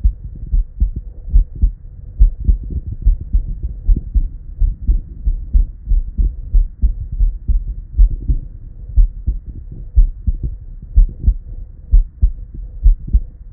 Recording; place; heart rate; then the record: heart sounds by stethoscope; Erb's point; 68 bpm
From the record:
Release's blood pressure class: normal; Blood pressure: 116/48 mmHg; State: at rest